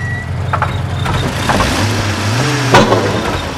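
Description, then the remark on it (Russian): A car's engine rumbles low and steady, then its pitch shifts and drops as the car brakes and slows, ending with a short sharp burst as it stops at the curb. “Феликс тормозит и останавливается у тротуара.”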